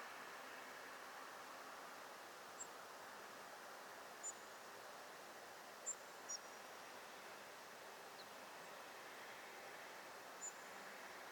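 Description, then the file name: European robin calling with a scattered series of short, sharp, very high notes, some slightly lower, irregularly spaced over a continuous hissing background. "Erithacus rubecula"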